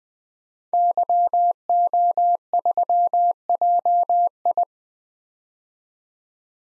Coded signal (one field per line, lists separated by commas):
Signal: Morse code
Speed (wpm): 20 wpm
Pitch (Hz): 700 Hz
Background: none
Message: YO3JI